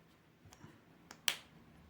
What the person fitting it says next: And it clicks.